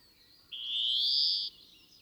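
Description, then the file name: European greenfinch call: one drawn-out, wheezy, slightly rising note lasting about a second, over faint background hiss. "Chloris chloris"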